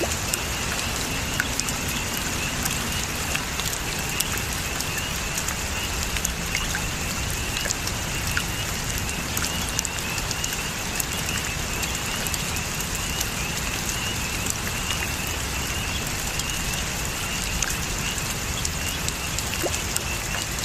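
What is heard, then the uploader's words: Steady rain falls over an open field, a dense, even hiss with no pauses across the whole stretch. Scattered brighter drops tick through the wash, while a soft low rumble of wind sits underneath and stays level throughout. Rainy Late Summer Farm Field. Though still a bit warm a rain blankets a field of wheat bringing a soothing cool wind.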